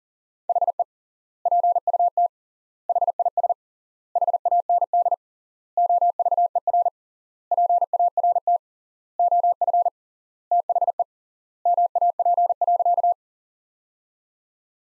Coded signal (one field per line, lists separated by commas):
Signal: Morse code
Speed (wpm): 37 wpm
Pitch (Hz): 700 Hz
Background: none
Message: HE PUT HIS HAND OVER PART OF THE MAP.